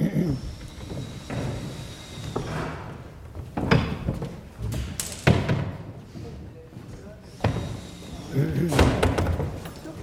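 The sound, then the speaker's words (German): Several people settle onto movable chairs standing on removable wooden platforms in the small house of a theatre: a series of irregular wooden thuds and knocks, with shuffling and rustling between them and low voices in the background. “Setzen wir uns hier jetzt mal so hin, Moment, dicht beieinander wieder.”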